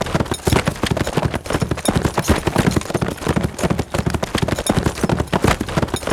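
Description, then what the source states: Galloping horse, rapid muffled hoof strikes falling in rhythmic clusters, steady pace for the whole stretch. Steady fast gallop on grass.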